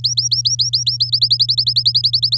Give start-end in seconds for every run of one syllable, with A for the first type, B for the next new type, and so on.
0.04-0.97 A, 1.00-2.37 B